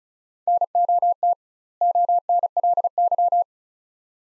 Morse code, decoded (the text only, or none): NOT ONLY